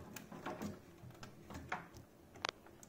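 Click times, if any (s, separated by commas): 2.5 s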